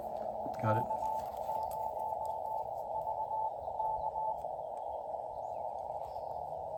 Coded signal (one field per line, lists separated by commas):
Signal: Morse code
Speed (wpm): 18 wpm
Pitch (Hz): 870 Hz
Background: speech, radio noise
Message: K0VK